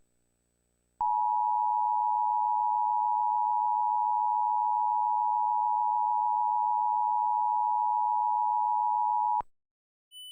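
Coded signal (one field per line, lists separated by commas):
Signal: Emergency Alert System (SAME) tones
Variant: 853 and 960 Hz attention tone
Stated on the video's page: Mock AMBER alert for a child abduction in Los Angeles, based on a real alert.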